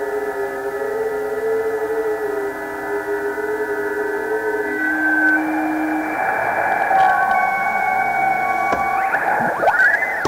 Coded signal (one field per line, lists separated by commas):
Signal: FT8